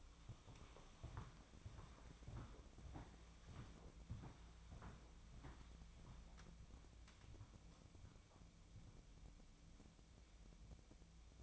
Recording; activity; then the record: daily activity, microphone in the room; walk to room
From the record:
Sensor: 1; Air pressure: 1000.0 hPa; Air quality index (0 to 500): 130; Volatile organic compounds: 2 ppm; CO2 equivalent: 1241 ppm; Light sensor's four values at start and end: 36/93/38/48 and 39/99/42/52